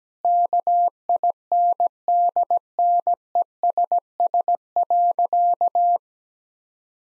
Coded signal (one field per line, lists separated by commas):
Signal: Morse code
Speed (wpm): 17 wpm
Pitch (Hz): 700 Hz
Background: none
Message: KINDNESS.